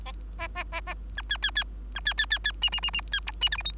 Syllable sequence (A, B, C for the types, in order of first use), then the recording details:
A A A A B C C C B C C C C D D D D C E D F G H. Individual Bird3